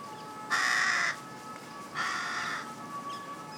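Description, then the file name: Carrion crow giving two drawn-out, harsh caws about a second and a half apart, with a faint steady whine in the background. "Corvus corone"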